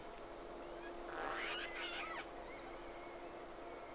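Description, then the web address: Whale calls, a cluster of overlapping tonal, bending cries lasting about a second, with faint thin whistles after, over steady underwater hiss and a constant low hum. Two whales, recorded 3 October 2006. "Sea Snake 10-3-06 Whales X 2 11-30"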